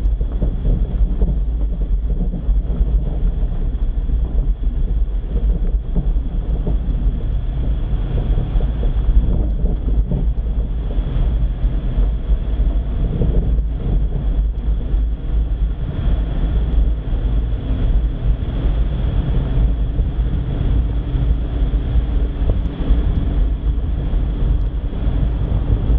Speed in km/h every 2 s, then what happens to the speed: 22, 19, 19, 20, 23, 27, 30, 32, 34, 35, 35, 36, 36.
0-5 steady at about 19. 5-17 speeds up to 35. 17-26 steady at about 35.